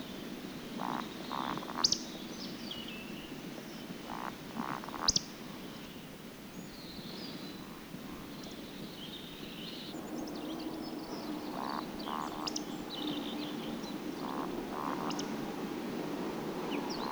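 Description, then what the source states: Eurasian Woodcock giving faint low grunts followed by thin high squeaks, repeated several times. Sweden.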